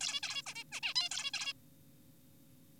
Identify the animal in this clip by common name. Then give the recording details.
Zebra Finch. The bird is an adult. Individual g4p5U